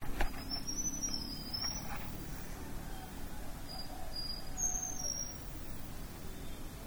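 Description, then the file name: Lompobatang flycatcher song: a high, thin warbled phrase, then after a pause shorter sharp whistled notes, all over a continuous low hum. "sikatan lompobatang"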